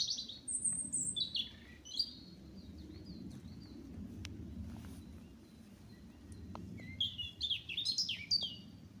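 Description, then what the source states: Bird song with thin high whistles and tumbling chirpy phrases near the start and again near the end, over a steady low rumble. Recorded at Olesa de Bonesvalls.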